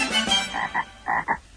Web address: edible frog